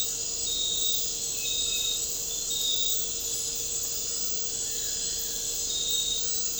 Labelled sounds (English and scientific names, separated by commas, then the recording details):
none
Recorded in dense forest near Puerto Asís, Putumayo, Colombia, on 9 March 2025 at 23:30
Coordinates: 0.467, -76.328
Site G041